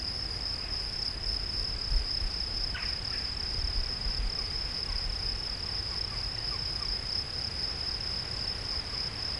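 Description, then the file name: Field cricket song, a continuous high pulsed trill, with a few faint extra sounds partway through. "Gryllus campestris"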